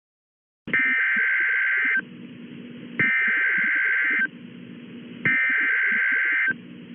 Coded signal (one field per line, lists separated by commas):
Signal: Emergency Alert System (SAME) tones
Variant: header bursts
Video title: EAS Mock: Severe Thunderstorm Warning Asutin TX.